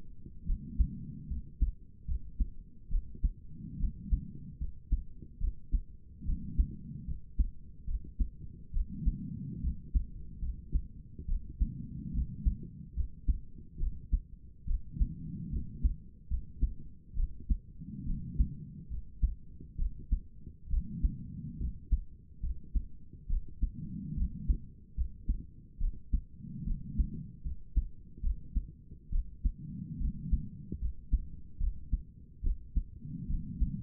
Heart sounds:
heart sounds by stethoscope; 71 bpm
0.46 s: heartbeat
1.29 s: heartbeat
2.07 s: heartbeat
2.90 s: heartbeat
3.79 s: heartbeat
4.59 s: heartbeat
5.40 s: heartbeat
6.25 s: heartbeat
7.06 s: heartbeat
7.86 s: heartbeat
8.73 s: heartbeat
9.62 s: heartbeat
10.41 s: heartbeat
11.27 s: heartbeat
12.13 s: heartbeat
12.95 s: heartbeat
13.79 s: heartbeat
14.66 s: heartbeat
15.51 s: heartbeat
16.29 s: heartbeat
17.16 s: heartbeat
18.05 s: heartbeat
18.89 s: heartbeat
19.77 s: heartbeat
20.70 s: heartbeat
21.59 s: heartbeat
22.42 s: heartbeat
23.28 s: heartbeat
24.16 s: heartbeat
24.96 s: heartbeat
25.79 s: heartbeat
26.65 s: heartbeat
27.44 s: heartbeat
28.22 s: heartbeat
29.11 s: heartbeat
29.99 s: heartbeat
30.80 s: heartbeat
31.59 s: heartbeat
32.43 s: heartbeat
33.28 s: heartbeat
From the record:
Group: healthy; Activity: rest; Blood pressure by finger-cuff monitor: 78/51 mmHg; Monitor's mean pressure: 61 mmHg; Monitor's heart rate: 71 bpm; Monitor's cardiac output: 5.7 L/min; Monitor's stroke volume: 80 mL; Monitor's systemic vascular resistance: 760 dyn s/cm5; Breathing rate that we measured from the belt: 20 breaths a minute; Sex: female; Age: 22 years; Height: 163 cm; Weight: 67.1 kg

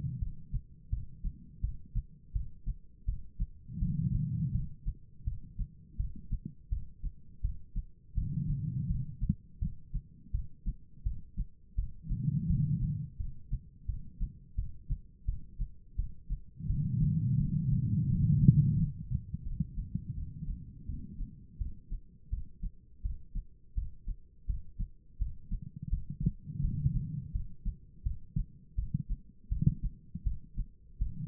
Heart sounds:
heart sounds by stethoscope; 84 bpm
0.19 s: heartbeat
0.90 s: heartbeat
1.61 s: heartbeat
2.33 s: heartbeat
3.05 s: heartbeat
3.79 s: heartbeat
4.52 s: heartbeat
5.24 s: heartbeat
5.97 s: heartbeat
6.69 s: heartbeat
7.42 s: heartbeat
8.15 s: heartbeat
8.87 s: heartbeat
9.59 s: heartbeat
10.32 s: heartbeat
11.03 s: heartbeat
11.75 s: heartbeat
12.47 s: heartbeat
13.17 s: heartbeat
13.86 s: heartbeat
14.56 s: heartbeat
15.26 s: heartbeat
15.96 s: heartbeat
16.67 s: heartbeat
17.37 s: heartbeat
18.08 s: heartbeat
18.76 s: heartbeat
19.44 s: heartbeat
20.15 s: heartbeat
20.86 s: heartbeat
21.58 s: heartbeat
22.30 s: heartbeat
23.02 s: heartbeat
23.75 s: heartbeat
24.46 s: heartbeat
25.18 s: heartbeat
25.90 s: heartbeat
26.61 s: heartbeat
27.32 s: heartbeat
28.03 s: heartbeat
28.75 s: heartbeat
29.49 s: heartbeat
30.24 s: heartbeat
30.98 s: heartbeat
From the record:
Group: healthy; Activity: cold pressor test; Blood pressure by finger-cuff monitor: 169/111 mmHg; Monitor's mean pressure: 132 mmHg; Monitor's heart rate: 84 bpm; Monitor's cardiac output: 4.9 L/min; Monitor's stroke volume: 59 mL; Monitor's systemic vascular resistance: 2020 dyn s/cm5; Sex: female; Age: 51 years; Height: 162 cm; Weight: 70.04 kg

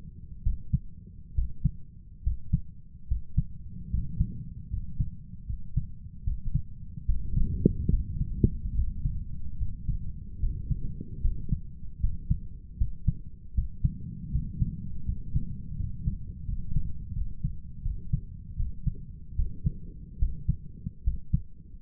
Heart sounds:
heart sounds by stethoscope; 76 bpm
0.42 s: heartbeat
1.34 s: heartbeat
2.22 s: heartbeat
3.07 s: heartbeat
3.89 s: heartbeat
4.69 s: heartbeat
5.45 s: heartbeat
6.23 s: heartbeat
7.04 s: heartbeat
7.89 s: heartbeat
8.73 s: heartbeat
9.57 s: heartbeat
10.39 s: heartbeat
11.20 s: heartbeat
11.99 s: heartbeat
12.76 s: heartbeat
13.53 s: heartbeat
14.30 s: heartbeat
15.04 s: heartbeat
15.75 s: heartbeat
16.44 s: heartbeat
17.12 s: heartbeat
17.81 s: heartbeat
18.55 s: heartbeat
19.34 s: heartbeat
20.17 s: heartbeat
21.02 s: heartbeat
From the record:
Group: healthy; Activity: rest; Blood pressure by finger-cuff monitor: 97/67 mmHg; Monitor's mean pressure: 74 mmHg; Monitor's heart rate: 75 bpm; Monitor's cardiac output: 6.5 L/min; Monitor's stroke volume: 87 mL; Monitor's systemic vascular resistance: 810 dyn s/cm5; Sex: male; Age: 23 years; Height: 178 cm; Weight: 96.6 kg

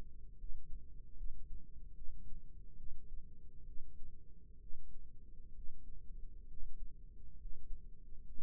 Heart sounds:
heart sounds by microphone in the left ear; 69 bpm
0.35 s: heartbeat
1.14 s: heartbeat
1.92 s: heartbeat
2.75 s: heartbeat
3.63 s: heartbeat
4.57 s: heartbeat
5.51 s: heartbeat
6.44 s: heartbeat
7.35 s: heartbeat
8.22 s: heartbeat
From the record:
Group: healthy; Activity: rest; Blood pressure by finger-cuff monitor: 145/72 mmHg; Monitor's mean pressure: 95 mmHg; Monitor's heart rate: 68 bpm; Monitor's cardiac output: 5.7 L/min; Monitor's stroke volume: 86 mL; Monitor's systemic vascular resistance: 1090 dyn s/cm5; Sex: female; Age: 37 years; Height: 168 cm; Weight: 70 kg

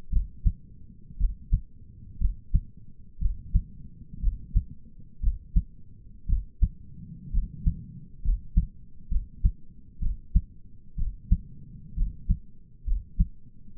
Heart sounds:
heart sounds by stethoscope; 61 bpm
0.12 s: heartbeat
1.19 s: heartbeat
2.20 s: heartbeat
3.21 s: heartbeat
4.22 s: heartbeat
5.23 s: heartbeat
6.28 s: heartbeat
7.33 s: heartbeat
8.24 s: heartbeat
9.11 s: heartbeat
10.02 s: heartbeat
10.98 s: heartbeat
11.97 s: heartbeat
12.87 s: heartbeat
From the record:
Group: healthy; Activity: rest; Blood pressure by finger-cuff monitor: 105/68 mmHg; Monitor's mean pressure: 81 mmHg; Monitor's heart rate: 60 bpm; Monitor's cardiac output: 5.1 L/min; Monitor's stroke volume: 91 mL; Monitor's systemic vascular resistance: 1150 dyn s/cm5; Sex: male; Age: 22 years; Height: 181 cm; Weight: 79 kg

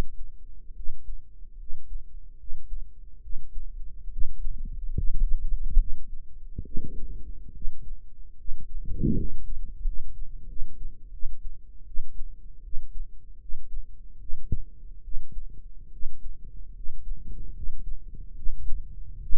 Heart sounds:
heart sounds by microphone in the right ear; 75 bpm
0.73 s: heartbeat
1.56 s: heartbeat
2.37 s: heartbeat
3.20 s: heartbeat
4.09 s: heartbeat
4.94 s: heartbeat
5.77 s: heartbeat
6.63 s: heartbeat
7.52 s: heartbeat
8.35 s: heartbeat
9.14 s: heartbeat
9.83 s: heartbeat
10.46 s: heartbeat
11.10 s: heartbeat
11.84 s: heartbeat
12.62 s: heartbeat
13.38 s: heartbeat
14.18 s: heartbeat
15.01 s: heartbeat
15.90 s: heartbeat
16.72 s: heartbeat
17.52 s: heartbeat
18.33 s: heartbeat
19.19 s: heartbeat
From the record:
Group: healthy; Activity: rest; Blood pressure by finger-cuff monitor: 97/65 mmHg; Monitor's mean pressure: 75 mmHg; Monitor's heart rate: 72 bpm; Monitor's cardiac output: 5.7 L/min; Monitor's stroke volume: 76 mL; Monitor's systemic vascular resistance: 980 dyn s/cm5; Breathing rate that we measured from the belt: 17 breaths a minute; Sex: male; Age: 21 years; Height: 170 cm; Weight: 71 kg

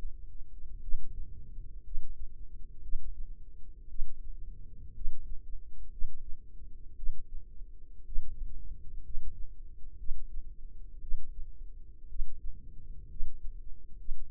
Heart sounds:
heart sounds by microphone in the left ear; 59 bpm
0.80 s: heartbeat
1.82 s: heartbeat
2.80 s: heartbeat
3.87 s: heartbeat
4.93 s: heartbeat
5.89 s: heartbeat
6.95 s: heartbeat
8.04 s: heartbeat
9.02 s: heartbeat
9.96 s: heartbeat
10.99 s: heartbeat
12.07 s: heartbeat
13.07 s: heartbeat
13.96 s: heartbeat
From the record:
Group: healthy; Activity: rest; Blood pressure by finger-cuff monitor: 96/58 mmHg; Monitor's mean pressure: 69 mmHg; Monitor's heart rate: 58 bpm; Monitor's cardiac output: 4.8 L/min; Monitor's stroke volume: 82 mL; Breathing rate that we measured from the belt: 16 breaths a minute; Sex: female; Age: 36 years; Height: 163 cm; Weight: 88 kg

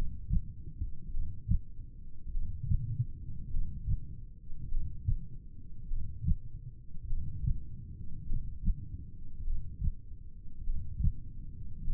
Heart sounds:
heart sounds by stethoscope; 50 bpm
1.13 s: heartbeat
2.33 s: heartbeat
3.53 s: heartbeat
4.71 s: heartbeat
5.90 s: heartbeat
7.09 s: heartbeat
8.28 s: heartbeat
9.46 s: heartbeat
10.66 s: heartbeat
11.86 s: heartbeat
From the record:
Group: heart failure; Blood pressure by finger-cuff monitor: 116/66 mmHg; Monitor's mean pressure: 82 mmHg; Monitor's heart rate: 51 bpm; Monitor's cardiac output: 4.3 L/min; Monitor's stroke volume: 86 mL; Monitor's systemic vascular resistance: 1380 dyn s/cm5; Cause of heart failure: cardiac sarcoid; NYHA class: 1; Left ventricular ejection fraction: 39%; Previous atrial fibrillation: present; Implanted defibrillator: present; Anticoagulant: apixaban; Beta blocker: carvedilol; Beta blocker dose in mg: 50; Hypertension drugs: ramipril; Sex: male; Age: 79 years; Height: 184 cm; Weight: 92.5 kg

